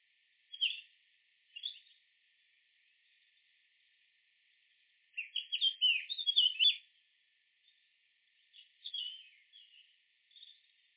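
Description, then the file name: Eurasian blackcap giving short scratchy warbled phrases, then a longer rich jumbled warble midway and more brief chattering notes toward the end. "Sylvia atricapilla"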